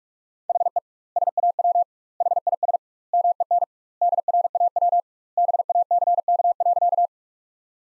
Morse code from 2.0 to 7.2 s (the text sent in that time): HIS MEN DRAW BACK.